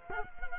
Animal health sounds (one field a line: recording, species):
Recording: mosquito wingbeat signal from an infrared sensor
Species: Culex quinquefasciatus